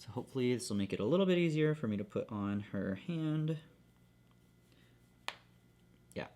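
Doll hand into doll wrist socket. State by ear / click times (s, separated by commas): seated / 5.3 s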